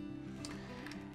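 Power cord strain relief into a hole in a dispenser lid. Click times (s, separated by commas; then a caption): 0.4 s. A power cord's strain relief, lined up with the hole in a dispenser lid, is pressed in with the thumbs and snaps into place with a sharp click at 0.4 s. Steady tonal background hum runs throughout, with two fainter ticks near 0.9 s.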